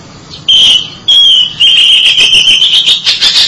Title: Suara Kicauan Burung Kacer